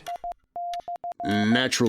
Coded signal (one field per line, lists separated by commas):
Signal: Morse code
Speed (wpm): 15 wpm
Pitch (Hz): 700 Hz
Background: speech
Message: I/